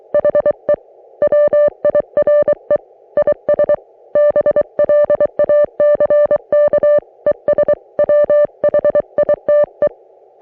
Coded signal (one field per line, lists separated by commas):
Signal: Morse code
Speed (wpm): 23 wpm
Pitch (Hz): 590 Hz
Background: music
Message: HE WIRE IS BLACK ES WHITE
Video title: Di-Dah-Dit Weekly - Morse Code Practice